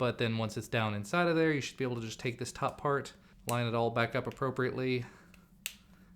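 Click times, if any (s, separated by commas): 5.7 s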